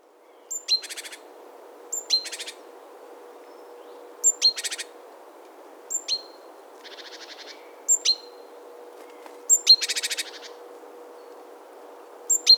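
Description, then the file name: Great tit giving repeated calls, a sharp high note slurring downward followed by short buzzy rattles, with steady low hiss behind. "Parus major"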